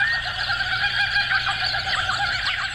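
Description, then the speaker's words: Kookaburras laughing: a chorus of loud, cackling, rising and falling chuckles pouring on continuously over the whole stretch. Kookaburras calling outdoors in the morning. "Oh, the kookaburras are taking over. What's so funny?"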